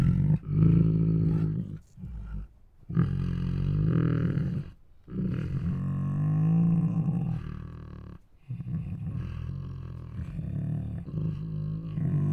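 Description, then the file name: Tiger moans and roars, deep harmonic rumbling calls in several bursts with short pauses, some rising and falling in pitch. Two tigers making moans and roars. "Two Tigers Make Many Moans, Roars and Snores [Sound Ideas]"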